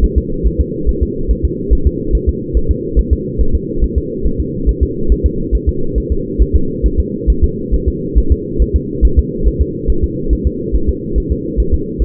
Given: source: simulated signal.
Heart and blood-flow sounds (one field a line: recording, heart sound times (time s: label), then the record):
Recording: fetal heart sounds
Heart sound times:
0.04 s: S1
0.18 s: S2
0.47 s: S1
0.60 s: S2
0.89 s: S1
1.03 s: S2
1.31 s: S1
1.45 s: S2
1.73 s: S1
1.87 s: S2
2.15 s: S1
2.29 s: S2
2.57 s: S1
2.71 s: S2
2.99 s: S1
3.13 s: S2
3.41 s: S1
3.55 s: S2
3.84 s: S1
3.98 s: S2
4.26 s: S1
4.40 s: S2
4.69 s: S1
4.83 s: S2
5.12 s: S1
5.26 s: S2
5.55 s: S1
5.69 s: S2
5.98 s: S1
6.12 s: S2
6.42 s: S1
6.56 s: S2
6.86 s: S1
7.00 s: S2
7.30 s: S1
7.44 s: S2
7.74 s: S1
7.88 s: S2
8.18 s: S1
8.32 s: S2
8.62 s: S1
8.76 s: S2
9.05 s: S1
9.19 s: S2
9.47 s: S1
9.62 s: S2
9.90 s: S1
10.04 s: S2
10.33 s: S1
10.47 s: S2
10.75 s: S1
10.89 s: S2
11.18 s: S1
11.32 s: S2
11.60 s: S1
11.74 s: S2
12.02 s: S1
From the record:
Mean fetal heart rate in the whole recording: 140 bpm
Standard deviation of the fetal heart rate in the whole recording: 2 bpm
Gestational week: 34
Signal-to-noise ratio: -8.1 dB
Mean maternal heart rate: 72 bpm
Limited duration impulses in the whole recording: absent